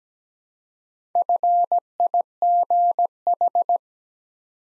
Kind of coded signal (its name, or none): Morse code